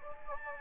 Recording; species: mosquito wingbeat signal from an infrared sensor; Anopheles gambiae